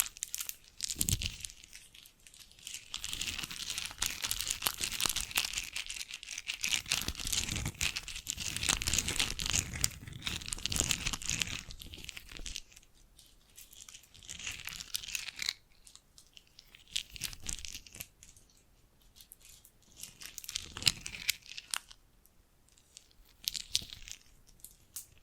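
Bracelets and jewelry boxes are handled in a dense, crinkly rustle with bright rattles and clicks through the first twelve seconds. After that the handling thins into scattered, quieter bursts and taps separated by short silences.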